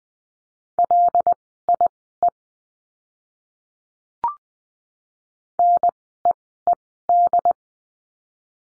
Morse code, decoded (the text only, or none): LIE NEED